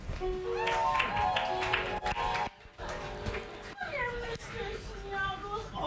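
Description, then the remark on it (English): A person imitates a cat, making a sustained buzzing, purr-like hum with droning harmonics, then a brief pause and a series of rising and falling meow-like vocal glides, fairly loud throughout. “Oh, honey, I think he's purring.”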